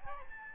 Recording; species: mosquito wingbeat signal from an infrared sensor; Aedes albopictus